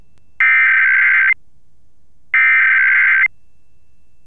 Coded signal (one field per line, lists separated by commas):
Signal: Emergency Alert System (SAME) tones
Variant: header bursts